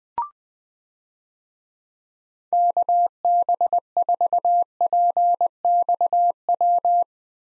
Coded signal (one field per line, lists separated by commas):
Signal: Morse code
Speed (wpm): 20 wpm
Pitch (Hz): 700 Hz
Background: none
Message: KB4PXW